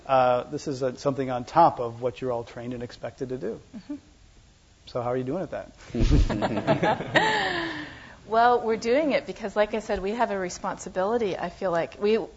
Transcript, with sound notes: This is something on top of what you're all trained and expected to do. So how are you doing with that?
[Laughter]
Well, we're doing it because, like I said, we have a responsibility. I feel like